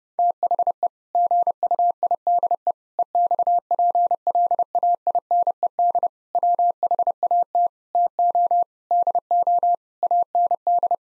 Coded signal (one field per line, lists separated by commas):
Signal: Morse code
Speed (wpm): 30 wpm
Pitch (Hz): 700 Hz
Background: none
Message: THE GUIDE EXPLAINED WHAT TO DO AND